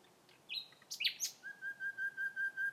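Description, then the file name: Common nightingale song: a clear high whistle, then harsh buzzy notes, then a lower fluting note repeated several times in a steady pulsing series. "Nachtigall Gesang"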